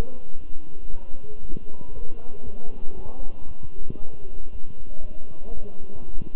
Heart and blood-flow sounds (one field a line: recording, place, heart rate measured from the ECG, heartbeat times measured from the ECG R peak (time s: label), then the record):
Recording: heart sounds by stethoscope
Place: between the tricuspid and mitral areas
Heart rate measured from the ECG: 117 bpm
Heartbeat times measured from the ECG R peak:
0.39 s: heartbeat
0.90 s: heartbeat
1.41 s: heartbeat
1.93 s: heartbeat
2.44 s: heartbeat
2.95 s: heartbeat
3.47 s: heartbeat
3.99 s: heartbeat
4.51 s: heartbeat
5.01 s: heartbeat
5.53 s: heartbeat
6.05 s: heartbeat
From the record:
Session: walking at 3.7 km/h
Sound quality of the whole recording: good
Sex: male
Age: 23 years